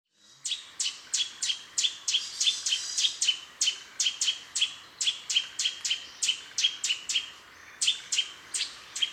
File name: Sitta europaea